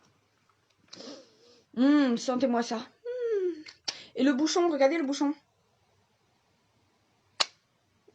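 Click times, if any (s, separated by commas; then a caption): 7.4 s. A plastic cap is pressed onto a cosmetic container after someone talks. A single sharp click at 7.4 s shows the cap snapping shut and seated, clipping on by itself.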